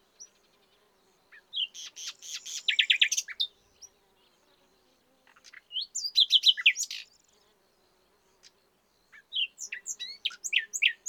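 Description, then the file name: Common nightingale singing in three bursts, each a run of rapid, repeated sharp notes building to a loud rattling trill, with short pauses between phrases. "Luscinia megarhynchos"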